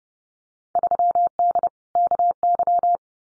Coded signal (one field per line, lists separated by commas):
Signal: Morse code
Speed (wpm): 30 wpm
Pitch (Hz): 700 Hz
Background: none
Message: 3D KY